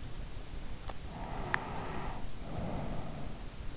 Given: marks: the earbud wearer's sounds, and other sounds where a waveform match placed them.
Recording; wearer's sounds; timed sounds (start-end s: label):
sounds in sleep by an in-ear microphone; breath
1.24-3.30 s: breath